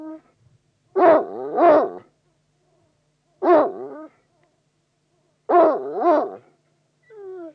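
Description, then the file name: Bloodhound giving loud baying barks, a pair, a single, then another pair, each wavering and harmonic, separated by pauses, with fainter calls at the start and end. "Digiffects Sound Effects Library - Bloodhound Dog Barks"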